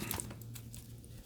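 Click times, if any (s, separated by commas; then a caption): none. A rugged plastic and rubber Poetic Spartan case is being handled and pressed onto a Samsung Galaxy Z Fold 6 or Z Flip 6 foldable phone. Brief sharp ticks and light crinkly handling noises sound over a steady low hum. Nothing has seated or clicked yet.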